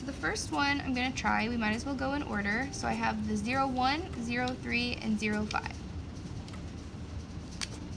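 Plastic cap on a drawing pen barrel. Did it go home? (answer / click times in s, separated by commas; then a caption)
released / 7.6 s. Someone talks over the first five and a half seconds, then a brand-new drawing pen is opened by pulling its plastic cap off the barrel. A sharp, satisfying click is heard at 7.6 s as the cap releases.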